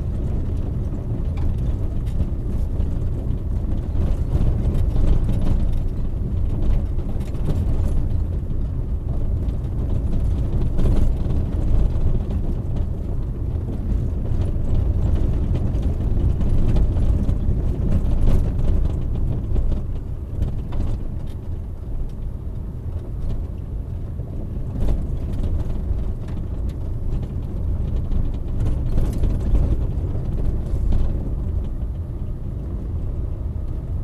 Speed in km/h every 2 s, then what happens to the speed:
28, 26, 25, 25, 24, 25, 26, 26, 24, 22, 20, 20, 20, 22, 24, 27, 27.
0-15 steady at about 25. 15-21 slows to 20. 21-34 speeds up to 27.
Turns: none.